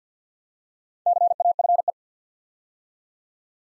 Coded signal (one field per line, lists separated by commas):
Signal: Morse code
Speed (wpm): 48 wpm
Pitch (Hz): 700 Hz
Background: none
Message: CAFE